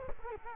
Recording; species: mosquito wingbeat signal from an infrared sensor; Culex quinquefasciatus